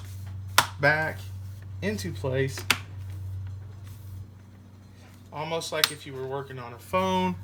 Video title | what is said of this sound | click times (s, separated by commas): Hewlett-Packard Pavilion 15-P213CL Hard Drive Replacement | this all just snaps back into | 0.6 s